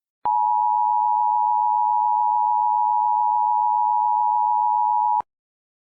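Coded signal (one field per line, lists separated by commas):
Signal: Emergency Alert System (SAME) tones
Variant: 853 and 960 Hz attention tone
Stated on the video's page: Fictional EAS scenario, simulated alert.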